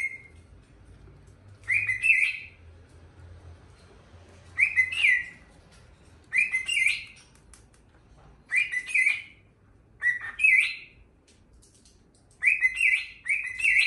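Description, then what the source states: Cockatiel singing short, chirpy whistled phrases, repeated every couple of seconds, with a faint low hum underneath. One-hour song recording made for training a pet cockatiel.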